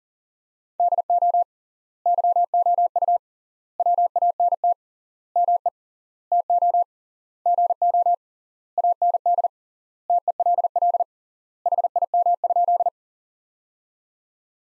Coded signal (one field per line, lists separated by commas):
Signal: Morse code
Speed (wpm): 40 wpm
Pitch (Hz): 700 Hz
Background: none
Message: DO YOU WANT ME TO GO AND TELL HIM?